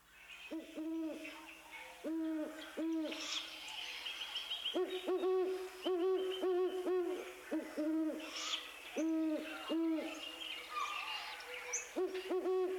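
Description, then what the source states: Owl hooting: hoots in rhythmic groups, repeated steadily throughout. Hooting, the courtship or pair bonding call, played again from earlier in the show.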